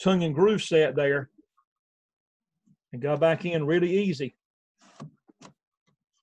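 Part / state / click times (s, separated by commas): PLC module into its tongue-and-groove mount / not seated / none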